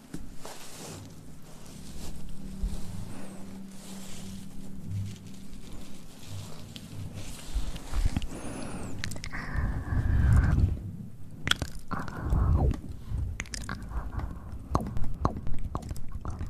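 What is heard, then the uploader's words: Mouth sounds with soft, wet chewing and biting noises repeat irregularly over a low, steady murmur. The first half is fairly even, then after about eight seconds louder crunchy bursts and sharp clicks come more often, with the busiest stretch around ten to thirteen seconds. ASMR Mouth Sounds & Ear Play.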